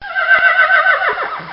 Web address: Bobby Cole Horse-Whinny